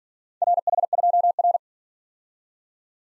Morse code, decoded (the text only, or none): RH2R